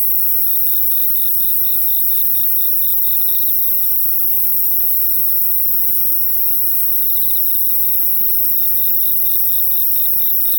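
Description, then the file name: Insect calling in runs of fast, high-pitched pulses, pausing and resuming a few times, over a constant shrill ringing and faint low noise. "Japan Kashiwa Town Night Bug 2 MS 96 Khz 24 Bit"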